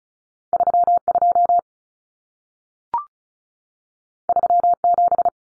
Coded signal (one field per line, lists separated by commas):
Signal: Morse code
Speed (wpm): 36 wpm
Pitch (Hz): 700 Hz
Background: none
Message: 32 37